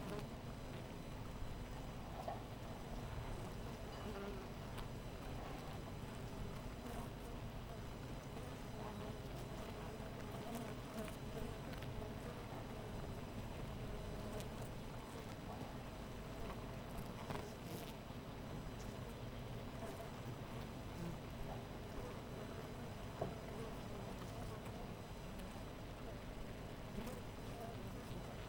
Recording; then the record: honeybee colony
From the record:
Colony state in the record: missing queen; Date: 14 July 2017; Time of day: 5:38